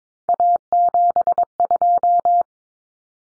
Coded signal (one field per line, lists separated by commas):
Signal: Morse code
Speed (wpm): 22 wpm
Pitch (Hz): 700 Hz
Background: none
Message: A72